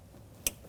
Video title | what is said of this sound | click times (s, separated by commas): How to Replace Dual Radiator & Condenser Fan Assembly 2013-2019 Ford Police Interceptor 3.7L V6 | Push in. You're going to feel it in hear it click into place. | 0.5 s